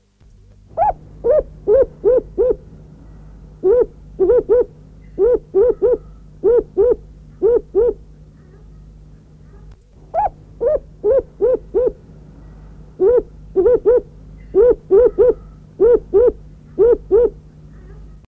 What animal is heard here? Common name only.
Vermiculated Fishing Owl